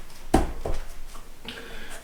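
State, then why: Partly seated. A vinyl floor plank is angled and pressed into the click-lock groove of the adjoining plank, giving a sharp click at 0.4 s, followed by softer knocks around 0.7 s and 1.5 s. The plank clicks in but is not fully locked yet.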